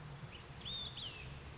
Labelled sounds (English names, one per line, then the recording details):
Olive-sided Flycatcher
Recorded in Sonoma County, California